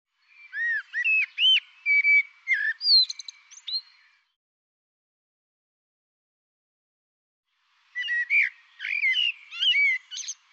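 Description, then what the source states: Bird song in two long phrases of looping, whistled notes and chirps, several seconds of silence between them, sounding bright and high. Labelled 'Tu Me Tu Me'; 2025 dataset.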